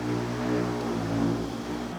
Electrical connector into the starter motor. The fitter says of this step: and then give it SE that didn't catch